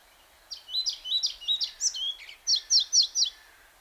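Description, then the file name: European pied flycatcher singing a lively phrase of repeated high chirping notes, ending in four crisp, evenly spaced emphatic notes. "Мухоловка пеструшка Ficedula hypoleuca"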